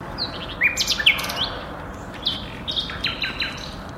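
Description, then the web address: Nightingale song: varied whistled notes, sharp chirps and short buzzy rattles in quick phrases, with a steady low background hum. Two nightingales singing against city noise on 22 April 2013 at 17:21, for the recordist's own Earth Day. "odglosy-zwierzat-i-dzwieki-zwierzat 17 h 21 m 54 s 22 apr 2013-koncert-na-dwa-słowiki-i-cywilizację"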